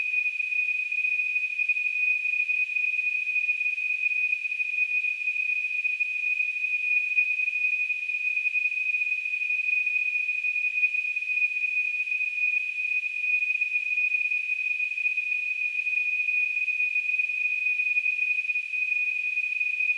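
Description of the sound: Simulated tinnitus: a steady high-pitched tone near 2.5 kHz, surrounded by a faint band of hiss, unchanging in pitch and loudness throughout.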